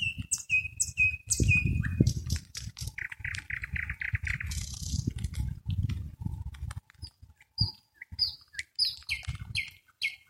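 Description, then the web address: Nightingale song: descending whistled notes repeated four times, a churring rattle, then high sliding whistles and short phrases, with low rumbling noise beneath. "spiew slowika slowik wiejski"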